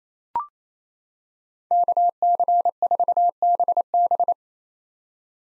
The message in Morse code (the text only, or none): KC4BB